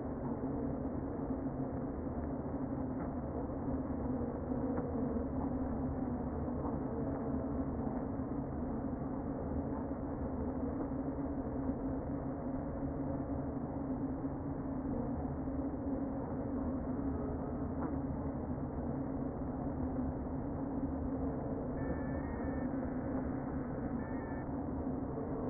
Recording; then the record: honeybee colony, microphone inside the hive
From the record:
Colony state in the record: queen present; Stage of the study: before two queens were removed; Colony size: about 60,000 bees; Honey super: yes